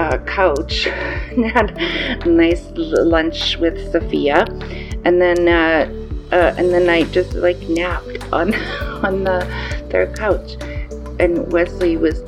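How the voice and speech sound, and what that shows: A 54-year-old woman, about a week after a stroke that left her with aphasia, tells of her day in halting speech. She draws out words, pauses mid-phrase and restarts with repeated 'and then' and 'on the'. These word-finding hesitations and restarts fit aphasia.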